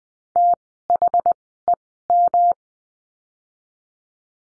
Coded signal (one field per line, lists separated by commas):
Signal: Morse code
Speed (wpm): 20 wpm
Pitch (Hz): 700 Hz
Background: none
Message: THEM